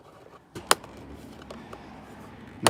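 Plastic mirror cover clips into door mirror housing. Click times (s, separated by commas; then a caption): 0.7 s, 2.7 s. A chrome plastic mirror cover is pushed onto the door mirror housing until its plastic clips engage. Two sharp, loud snaps ring out at 0.7 s and 2.7 s, with faint small knocks and handling noise between them. The cover is seated, its clips snapped home.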